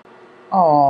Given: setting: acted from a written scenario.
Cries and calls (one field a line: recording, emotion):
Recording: vocal sound without words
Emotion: sadness